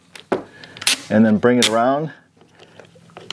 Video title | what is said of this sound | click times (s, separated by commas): Cut Copper Pipe Like a Pro: DEWALT IMPACT CONNECT Copper Pipe Cutter Review | Put it into your impact wrench first of all till it clicks, and | 0.9 s